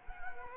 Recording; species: mosquito wingbeat signal from an infrared sensor; Culex quinquefasciatus